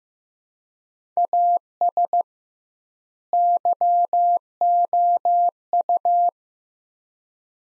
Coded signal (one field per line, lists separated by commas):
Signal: Morse code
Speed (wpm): 15 wpm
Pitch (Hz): 700 Hz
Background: none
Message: AS YOU